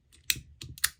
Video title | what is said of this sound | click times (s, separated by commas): Sauer & Sohn 38H (.32 ACP) History & Shooting Demo | You can switch it back to single action by pulling all the way down until it clicks. | 0.3 s, 0.8 s